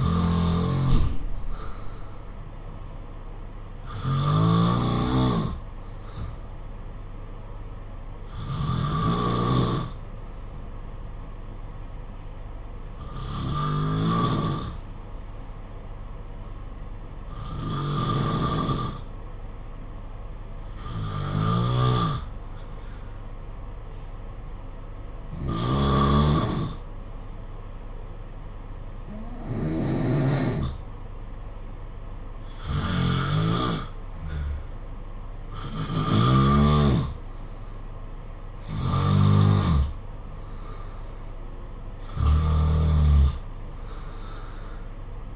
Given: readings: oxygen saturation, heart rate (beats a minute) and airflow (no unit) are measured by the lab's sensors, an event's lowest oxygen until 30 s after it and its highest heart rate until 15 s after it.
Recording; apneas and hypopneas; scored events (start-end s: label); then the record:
breathing in sleep by a smartphone at the bedside; 1
18.00-34.00 s: hypopnea (N2, oxygen 93% highest, then 90% lowest, heart rate 57 at the start, 64 highest)
From the record:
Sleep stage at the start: N2 (light sleep); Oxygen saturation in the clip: 89 to 93%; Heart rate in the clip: 55 to 64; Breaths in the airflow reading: 12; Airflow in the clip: -5.1 to 5.5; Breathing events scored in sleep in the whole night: 476 in 9.7 hours asleep